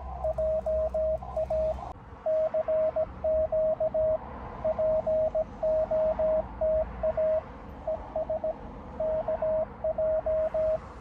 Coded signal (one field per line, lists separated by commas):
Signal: Morse code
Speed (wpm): 17 wpm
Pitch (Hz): 620 Hz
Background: radio noise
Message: JA CQ POTA ES KJ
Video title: アマチュア無線 POTA 初日 JA0110蔵王国定公園 2日目 JA0202 みちのく湖畔公園